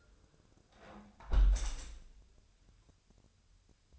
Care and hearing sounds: daily activity, microphone in the room; close window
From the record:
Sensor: 2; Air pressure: 1014.7 hPa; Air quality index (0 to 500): 28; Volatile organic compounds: 1 ppm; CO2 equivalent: 520 ppm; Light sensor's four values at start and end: 9/20/8/8 and 8/19/8/8

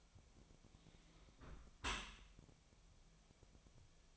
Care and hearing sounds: daily activity, microphone in the room; close dishwasher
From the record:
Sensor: 1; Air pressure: 1006.8 hPa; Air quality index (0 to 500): 207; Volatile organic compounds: 24 ppm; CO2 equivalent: 2797 ppm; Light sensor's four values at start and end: 13/33/13/14 and 13/33/13/14

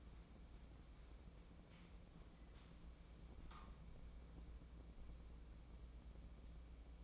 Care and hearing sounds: daily activity, microphone in the room; wipe stove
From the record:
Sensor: 1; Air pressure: 1012.3 hPa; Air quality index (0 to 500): 161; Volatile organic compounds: 3 ppm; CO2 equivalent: 1322 ppm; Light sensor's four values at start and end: 631/1433/644/751 and 618/1404/631/736

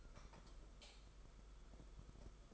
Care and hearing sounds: daily activity, microphone in the room; light off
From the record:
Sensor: 5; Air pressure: 991.1 hPa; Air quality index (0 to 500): 108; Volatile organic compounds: 24 ppm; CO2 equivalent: 2813 ppm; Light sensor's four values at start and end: 19/48/19/21 and 18/43/17/19

